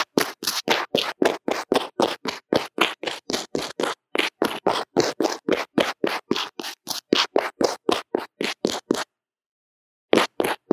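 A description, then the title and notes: Drawing and makeup strokes scratch in a quick, even rhythm, about three per second, with a brief pause near nine seconds before resuming. 各種玩弄線麥!! Lo-fi Earphone Mic drawing & Makeup | No Talking.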